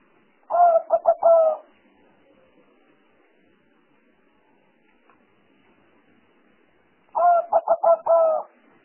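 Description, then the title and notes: Spotted dove song phrase of soft coos, long then quick short notes then a long note, repeated after roughly six seconds over faint background hiss. Collection of calls used as lure sounds for trapping. "Pikat Burung Tekukur. Kumpulan suara burung tekukur"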